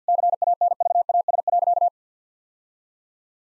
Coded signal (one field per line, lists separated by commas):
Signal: Morse code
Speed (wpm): 50 wpm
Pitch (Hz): 700 Hz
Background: none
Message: CANVAS.